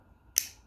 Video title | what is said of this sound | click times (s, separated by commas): (244) NEXTORCH PIONEER Multi-tool / 넥스토치 파이오니어 멀티툴 리뷰! | 내리고 우측으로 밀면 예 딸깍 소리와 함께 | 0.4 s